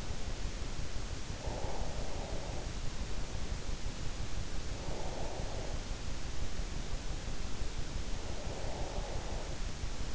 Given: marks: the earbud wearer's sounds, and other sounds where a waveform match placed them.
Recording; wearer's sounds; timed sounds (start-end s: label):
sounds in sleep by an in-ear microphone; breath
1.01-2.98 s: breath
4.66-6.50 s: breath
7.76-10.15 s: breath